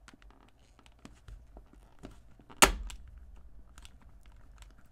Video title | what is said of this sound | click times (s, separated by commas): Best And Worst Screen Protectors For Samsung Galaxy S23 Ultra | just press it into place until you hear a couple clicks | 2.6 s, 2.9 s